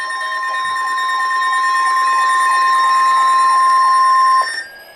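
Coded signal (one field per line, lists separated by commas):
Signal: Emergency Alert System (SAME) tones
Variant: 1050 Hz attention tone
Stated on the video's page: Required Weekly Test from NOAA Weather Radio transmitter KEC60, Milwaukee.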